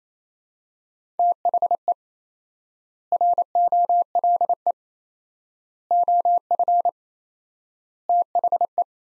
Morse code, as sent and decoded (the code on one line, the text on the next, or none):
- .... . / .-. --- .-.. . / --- ..-. / - .... .
THE ROLE OF THE